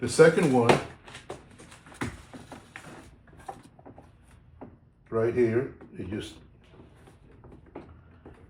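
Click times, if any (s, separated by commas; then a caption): 7.8 s. Someone talks while a second plastic wiring connector is pushed into its socket on a Cayenne door panel during installation. Soft handling knocks lead up to a small, sharp click at 7.8 s as the connector seats in place.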